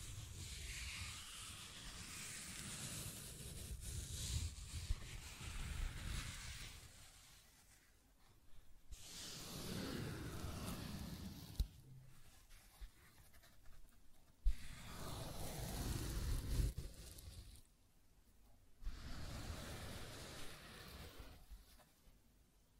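Scratching and tracing sounds come in long rough passes, each lasting several seconds with a rasping, gritty texture and a low rumble underneath. Brief quiet gaps fall between strokes, near 7, 12, 17 and 19 seconds, and a few sharp clicks punctuate the steady scraping.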